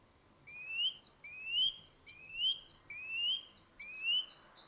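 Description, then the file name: Great tit calls: rising, two-toned whistled notes repeated steadily, about one per second, in a clear series. "Parus major"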